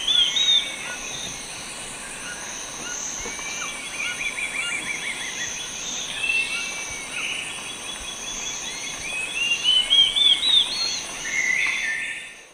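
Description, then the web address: Olivaceous woodcreeper song, a quick series of notes climbing in pitch, over a steady high insect buzz. South America, eastern lowlands. "Natures Songs S America Eastern Lowlands. Sittasomus griseicapillus, song"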